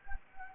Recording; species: mosquito wingbeat signal from an infrared sensor; Anopheles gambiae